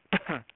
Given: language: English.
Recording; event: throat vibration sensor signal played as sound; cough